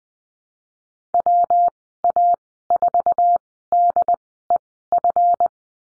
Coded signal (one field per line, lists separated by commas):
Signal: Morse code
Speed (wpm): 20 wpm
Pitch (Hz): 700 Hz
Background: none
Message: WA4DEF